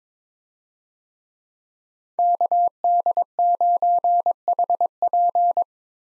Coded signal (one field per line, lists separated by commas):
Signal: Morse code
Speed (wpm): 22 wpm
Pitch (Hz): 700 Hz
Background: none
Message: KD9HP